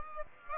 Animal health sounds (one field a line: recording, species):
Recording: mosquito wingbeat signal from an infrared sensor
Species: Aedes aegypti